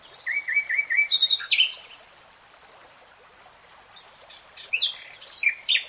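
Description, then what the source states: Nightingale phrases of repeated whistled notes and sharp, chirped slurs, a quiet pause, then another run of quick high chirps. Singing in real time.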